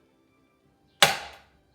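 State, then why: Seated. A plastic part of a model railway goods shed is pressed into place and clips in with a single sharp, loud snap at 1.0 s, which rings out and fades over about half a second. The part is seated and goes in very easily.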